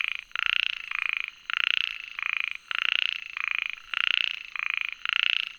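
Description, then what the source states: Frog giving grating pulsed croaks in quick succession over a faint steady high tone. Recorded 22 June 2019.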